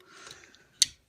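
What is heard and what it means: An internal part of a Glock 27 pistol is pressed into the frame during a Ghost Ultimate 3.5 trigger connector install, on a retry after a failed attempt. After faint low rustling, one sharp, loud metallic click rings out at 0.8 s. The part seats in place.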